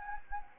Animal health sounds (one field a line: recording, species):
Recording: mosquito wingbeat signal from an infrared sensor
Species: Anopheles gambiae